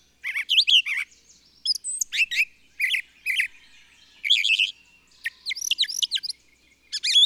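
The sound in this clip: Bird song with rapid high chirps, slurred whistles and trills, phrases changing constantly and separated by brief gaps.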